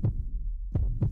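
Deep, muffled thumps of an adult's heartbeat heard up close, with a soft lub-dub pairing and a steady low hum underneath. The beats are unhurried, at an ordinary resting pace, and nothing else is heard.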